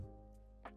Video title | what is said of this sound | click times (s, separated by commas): OOKA Unboxing | and then after the click, you're good. So | 0.7 s